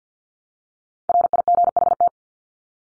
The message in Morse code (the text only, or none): RIGHT